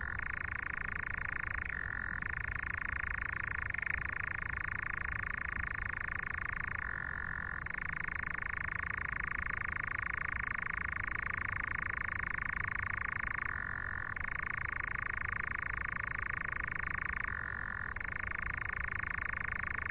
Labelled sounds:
Eurasian Nightjar

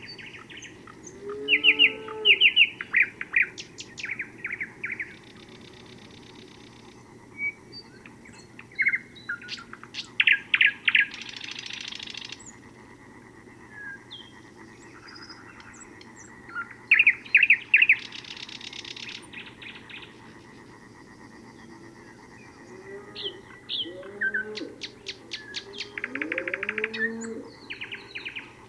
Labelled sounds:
River Warbler song

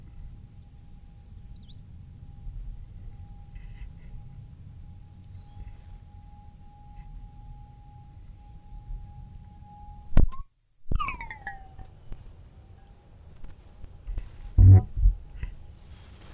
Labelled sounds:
Eurasian Treecreeper

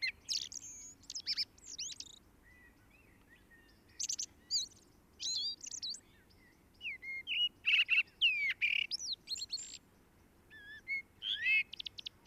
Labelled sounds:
Common Blackbird song

